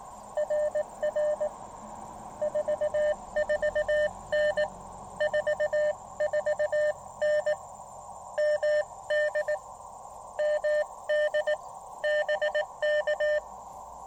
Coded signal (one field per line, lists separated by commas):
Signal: Morse code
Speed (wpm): 18 wpm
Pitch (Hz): 600 Hz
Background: none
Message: RR 44N 44N MD MD BK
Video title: Roadside POTA shack on the Blue Ridge Parkway with amazing views